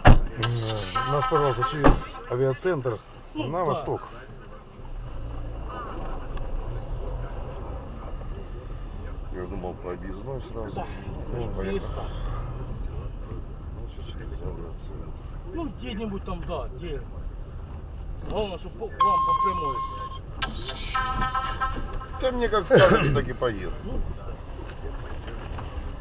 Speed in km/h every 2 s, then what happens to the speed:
0, 0, 0, 0, 10, 10, 13, 15, 12, 13, 10, 12, 11.
0-6 standing. 6-13 pulls away to 15. 13-26 steady at about 12.